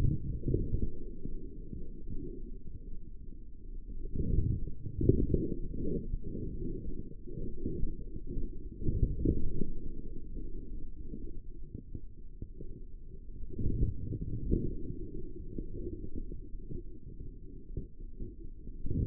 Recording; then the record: forearm muscle sounds (acoustic myography)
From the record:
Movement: forearm supination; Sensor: system 3, bracelet of six PUI Audio POM-2738L microphones around the upper forearm, with dedicated amplification and filtering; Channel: 6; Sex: male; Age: 43 years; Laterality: right